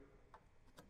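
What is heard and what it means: A monitor's neck board, lined up on the CRT neck pins, is pressed straight down onto the CRT neck socket. Two short ticks are heard at 0.3 s and 0.8 s over a low steady background. The board seats in place.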